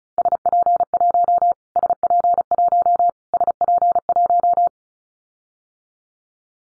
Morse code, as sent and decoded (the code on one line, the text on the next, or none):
... .--. .---- / ... .--. .---- / ... .--. .----
SP1 SP1 SP1